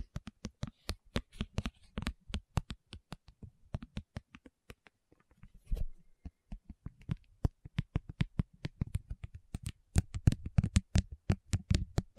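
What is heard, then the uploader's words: A tapping session of quick, crisp taps on hard surfaces, fingers and nails striking in rapid, uneven bursts. The taps stay dense throughout with only short pauses, briefly thinning around the five-second mark, then growing fuller and louder toward the end. There is no talking. Tapping Session (No Talking).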